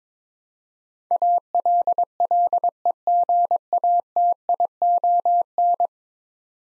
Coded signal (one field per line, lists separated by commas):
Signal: Morse code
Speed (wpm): 23 wpm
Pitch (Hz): 700 Hz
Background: none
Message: ALLEGATION